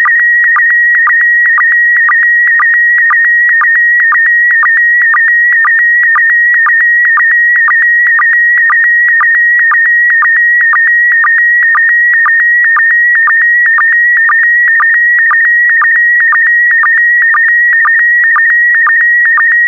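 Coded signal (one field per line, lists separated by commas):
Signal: SSTV (slow-scan television)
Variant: PD120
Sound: steady warbling tone near 1.9 kHz, interrupted by short low blips about twice a second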